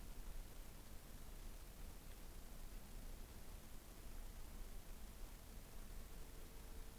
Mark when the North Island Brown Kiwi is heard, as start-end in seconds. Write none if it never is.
none